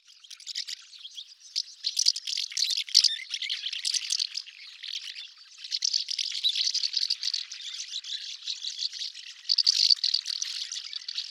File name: Hirondelle Fenetre